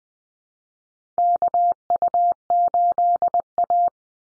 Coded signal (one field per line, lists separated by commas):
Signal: Morse code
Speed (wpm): 20 wpm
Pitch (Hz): 700 Hz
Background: none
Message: KU8A